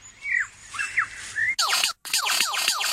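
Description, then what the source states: Superb Lyrebird mimicking a toy laser gun: repeated sweeping electronic zaps and squeals, first softer falling whistles, then loud rapid descending buzzy bursts interrupted by a brief break. Lyrebird mimicking a kid's laser gun; it mimics sounds around it, doing so to attract a mate.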